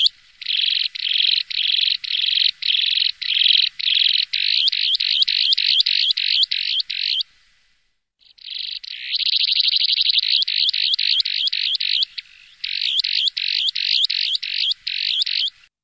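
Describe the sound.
Bird giving loud buzzy notes, first evenly spaced rasping bursts, then faster sweeping trills, a brief pause, and more repeated buzzy phrases.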